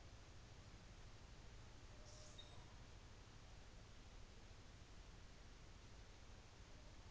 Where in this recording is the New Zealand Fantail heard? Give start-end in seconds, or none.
1.83-2.80